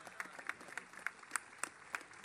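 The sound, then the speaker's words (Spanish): A crowd at a Unidad Popular closing election-campaign rally applauding a speaker from the Partido Comunista Revolucionario, dense overlapping claps forming a steady crackling wash with a few sharper, louder hand claps standing out at irregular moments. “Fuerte el aplauso para el compañero.”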